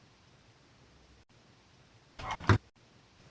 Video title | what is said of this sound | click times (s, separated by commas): Memasang RJ11 Kabel Telepon | usahakan sampai terdengar bunyi klik hai oke | 2.5 s